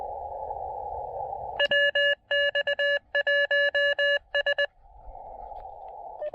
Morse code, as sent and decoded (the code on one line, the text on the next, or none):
.-- -..- .---- ...
WX1S